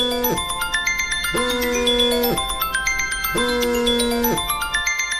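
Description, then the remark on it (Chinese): A phone ringtone for an incoming call plays a bright, repeating melodic pattern of electronic tones, cycling in a steady rhythm about once per second over a sustained lower note, with no voices. “哟，小李来电话了。”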